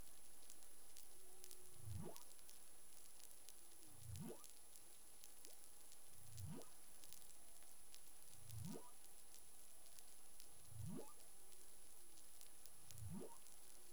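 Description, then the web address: Humpback whale call series: six low rising swoops at a regular beat, accompanied by faint short tonal notes, against continuous snapping and hissing background noise. Caribbean; recorded 25 February 2021 at about 11:17 UTC. "CARIMAM. humpback whale 20210225 111728 UTC"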